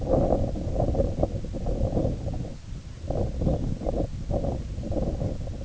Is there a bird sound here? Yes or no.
no